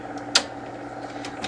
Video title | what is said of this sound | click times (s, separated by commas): Lexmark T654 - Onyx Imaging - Tulsa Printer Repair - How To Change Rollers | push it on till it clicks back into place | 0.4 s